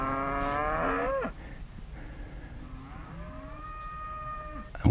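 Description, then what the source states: Cattle mooing: a loud, harmonic-rich moo that falls in pitch and breaks off after about a second, then a softer, steadier drawn-out call. Young heifer belonging to the farmer, heard in the distance on a free-range farm.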